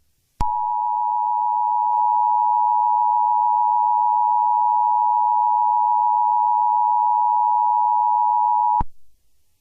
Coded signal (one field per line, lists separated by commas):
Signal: Emergency Alert System (SAME) tones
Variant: 853 and 960 Hz attention tone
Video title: |EAS Scenario: SCORPIUS REX| A Jurassic World EAS Scenario.